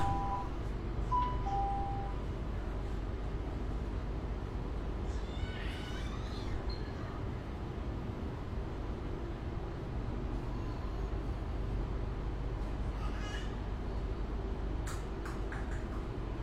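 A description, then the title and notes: A steady, heavy low roar of air conditioning fills a metro car in Shenzhen, constant from start to end. A few short beeps sound near the beginning, and faint voices, thin squeaks and brief clicks drift in around six and thirteen to fifteen seconds. Cooling in Metro, Shenzhen. 深圳地铁冷气开得很足. 那天下午三四点的样子，我从地铁 1 号线鲤鱼门站上车. 地铁里没什么人，很干净，很凉快，然后录下了这段音频。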